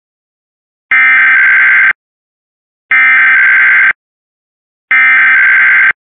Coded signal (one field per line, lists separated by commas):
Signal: Emergency Alert System (SAME) tones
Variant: header bursts